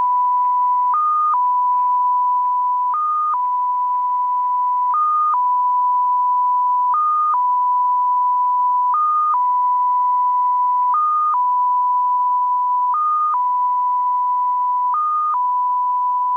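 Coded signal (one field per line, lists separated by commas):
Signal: numbers station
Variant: XPA2 polytone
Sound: continuous steady tone jumping briefly higher every two seconds, about eight times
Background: radio static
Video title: XPA2, 2120z 13538 kHz, Message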